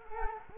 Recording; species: mosquito wingbeat signal from an infrared sensor; Culex quinquefasciatus